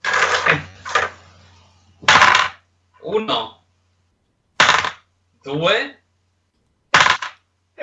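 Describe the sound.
Two, then three six-sided dice clatter in a series of short, sharp rattling bursts, each roll followed by a voice speaking briefly in Italian before the next throw.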